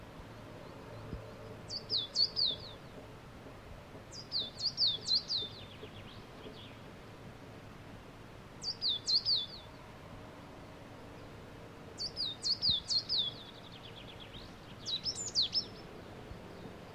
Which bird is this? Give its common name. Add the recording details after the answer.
Coal Tit. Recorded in the wild. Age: adult. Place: Villach, Kärnten, AT. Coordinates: 46.591, 13.824. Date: 1971-04-20. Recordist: Brunner, Thomas